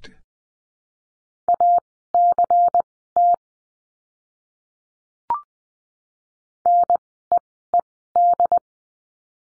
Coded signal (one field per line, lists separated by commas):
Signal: Morse code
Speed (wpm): 20 wpm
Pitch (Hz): 700 Hz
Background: none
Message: ACT NEED